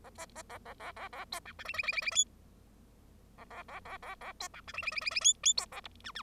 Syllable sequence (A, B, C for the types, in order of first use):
A B B A A A A A C D E F F F F F G A A A A A A C D E F F F F F G G C A H I I